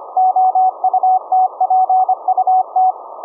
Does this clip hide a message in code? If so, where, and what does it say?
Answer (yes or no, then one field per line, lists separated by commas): yes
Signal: Morse code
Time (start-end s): 0.2-2.9 s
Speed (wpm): 25 wpm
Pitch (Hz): 750 Hz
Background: none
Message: OUTPUT